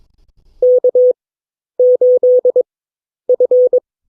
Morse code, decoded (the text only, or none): K8F